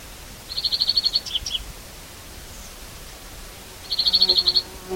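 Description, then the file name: European greenfinch giving two fast rattling trills separated by a pause, the first followed by a couple of softer notes, over a low background hiss. "Chloris chloris"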